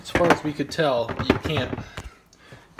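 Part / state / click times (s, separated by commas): plastic blending jar into the ridged holder of a food processor/blender / not seated / none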